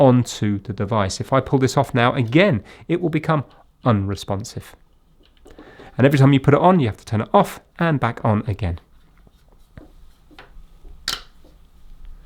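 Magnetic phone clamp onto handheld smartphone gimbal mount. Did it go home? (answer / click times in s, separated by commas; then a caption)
yes / 11.1 s. Someone talks, then a magnetic phone clamp holding a phone is put back onto the arm of a DJI Osmo Mobile SE handheld smartphone gimbal, wiggled and given a turn, with faint handling taps. It seats with a sharp click at 11.1 s.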